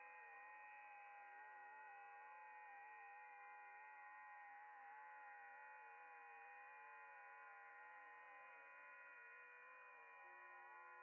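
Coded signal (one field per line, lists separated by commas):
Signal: FT8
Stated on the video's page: Live FT8 and FT4 amateur radio contacts.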